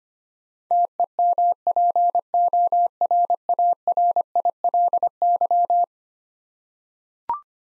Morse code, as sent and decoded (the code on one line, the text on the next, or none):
- . -- .--. --- .-. .- .-. .. .-.. -.--
TEMPORARILY